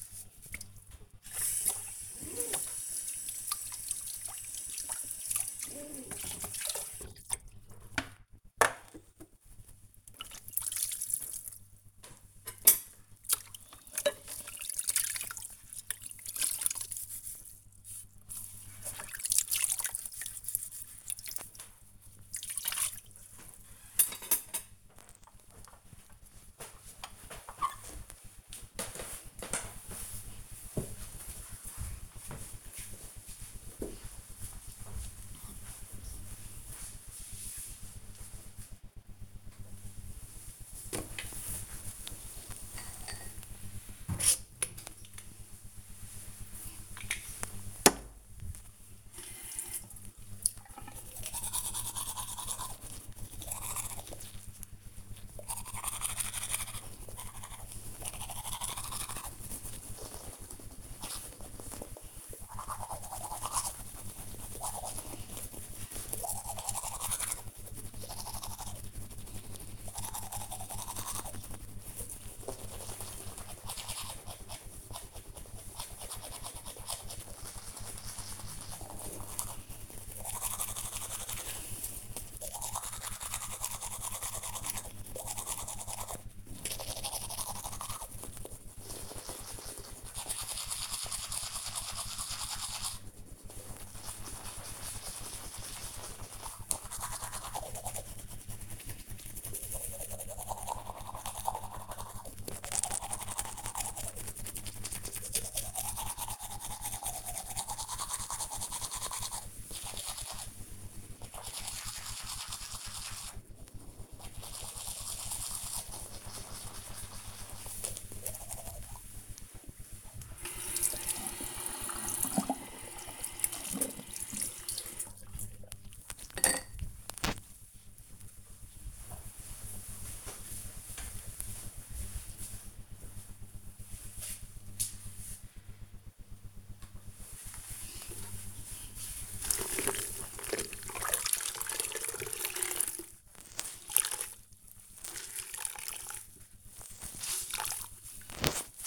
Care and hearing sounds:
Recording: household activities, microphone on the right wrist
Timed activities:
0.00-25.39 s: washing dishes
39.48-126.13 s: brushing teeth
136.20-148.87 s: floor cleaning

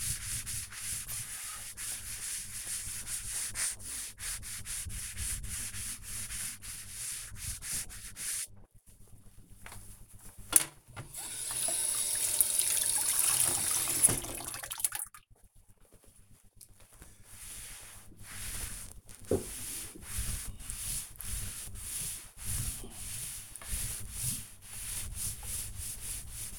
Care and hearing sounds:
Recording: household activities, microphone on the right wrist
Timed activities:
0.00-26.59 s: cleaning table

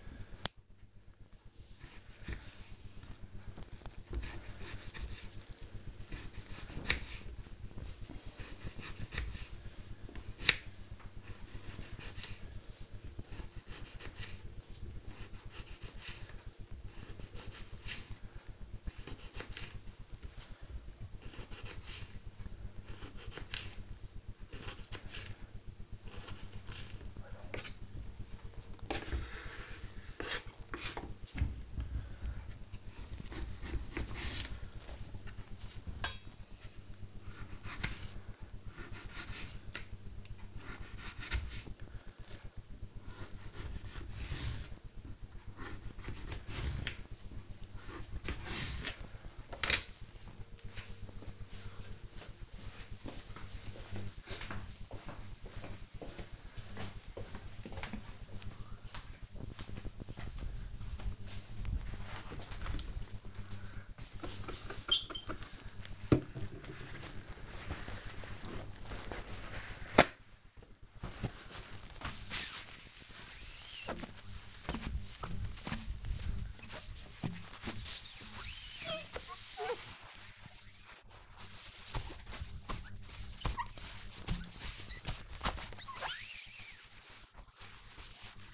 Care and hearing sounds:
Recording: household activities, microphone on the right wrist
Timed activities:
0.00-48.21 s: cutting vegetables
62.32-88.54 s: window cleaning

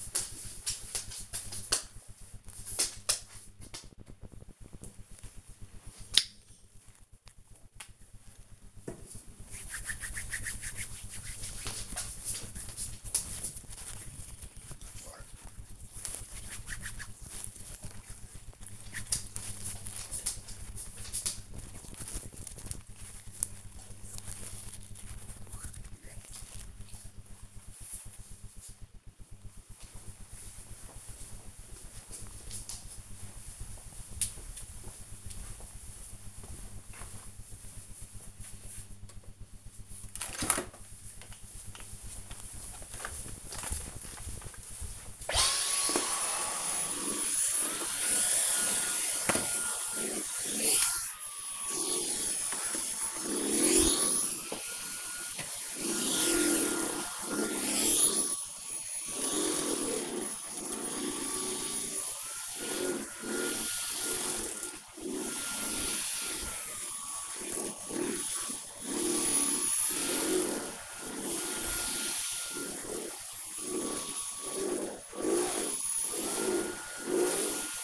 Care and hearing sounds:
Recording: household activities, microphone on the right wrist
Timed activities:
3.92-26.00 s: disinfecting hands
39.03-77.83 s: vacuum cleaning

